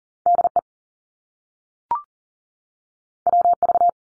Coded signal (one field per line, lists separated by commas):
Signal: Morse code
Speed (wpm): 38 wpm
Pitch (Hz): 700 Hz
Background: none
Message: DE WV